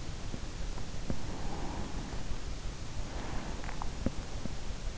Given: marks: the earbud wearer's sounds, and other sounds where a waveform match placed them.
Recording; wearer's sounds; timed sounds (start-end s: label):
sounds in sleep by an in-ear microphone; breath, teeth grinding
0.75-2.87 s: breath
3.09-3.84 s: breath
3.84-4.47 s: teeth grinding